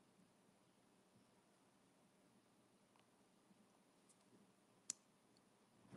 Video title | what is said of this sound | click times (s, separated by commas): All The Beautiful Jewelry!!!! | You hear a snap? | 4.9 s